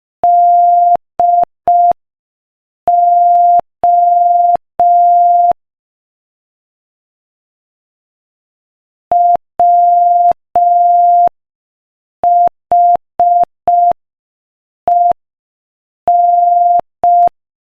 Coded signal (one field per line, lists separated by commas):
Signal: Morse code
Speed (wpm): 5 wpm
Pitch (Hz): 700 Hz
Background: none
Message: DO WHEN